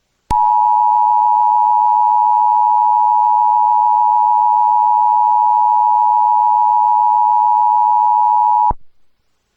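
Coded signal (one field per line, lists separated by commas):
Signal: Emergency Alert System (SAME) tones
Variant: 853 and 960 Hz attention tone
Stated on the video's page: Fictional EAS alert from a TV in the game GoreBox.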